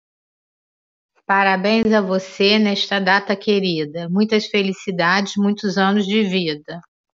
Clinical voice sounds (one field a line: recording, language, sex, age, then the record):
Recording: short text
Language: Brazilian Portuguese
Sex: female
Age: 50 to 59 years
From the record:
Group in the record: control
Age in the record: 58 years